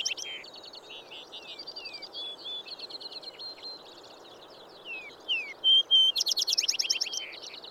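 Vesper sparrow song near the end: a few clear whistles and a rapid ringing trill, after a long stretch of softer twittering, over steady hiss.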